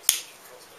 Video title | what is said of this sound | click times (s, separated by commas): Nokia N97 - unboxing live from Nokia Store | Snaps into place pretty good. | 0.1 s